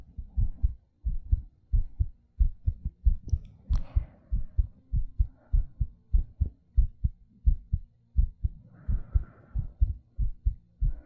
ASMR Heartbeat Breathing.